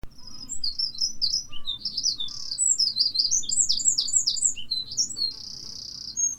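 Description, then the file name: Eurasian wren singing a rapid, jumbled string of high, sharp notes and trills, ending in a sustained buzzy trill, over a low background rumble. "Troglodytes troglodytes"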